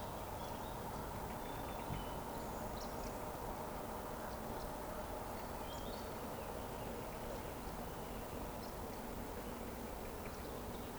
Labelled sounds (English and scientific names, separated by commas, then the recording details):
Eurasian Woodcock (Scolopax rusticola) chase call
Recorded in Baden-Württemberg, Germany, on 23 June 2020 at 19:37 UTC
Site 14569, 102 m above sea level